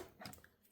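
DDR5 memory sticks are pressed into the second and fourth DIMM slots on a motherboard until the retention latches snap shut. Two sharp clicks are heard at 0.3 s and 0.3 s, followed by fainter ticks. The modules are seated.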